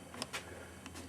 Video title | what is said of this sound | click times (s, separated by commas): Monkey Wards Tiller.avi | goes off center to lock it in the drive position your | 0.2 s